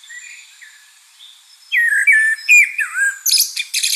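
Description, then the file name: Common blackbird singing a fluted, warbling phrase after a quiet start, then breaking into a squeaky, high twittering ending. "Turdus merula"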